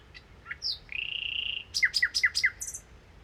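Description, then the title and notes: Common nightingale song: a long steady whistle followed by a series of loud, sharp repeated descending notes. Nightingale song recorded 1 May 2019 in the Crau, Bouches-du-Rhône, France, with a Nagra Seven recorder, comparing cardioid (MKH8040) and omnidirectional (MKH8020) microphones. "Crau - Bouches du Rhône. Rossignol philomèle"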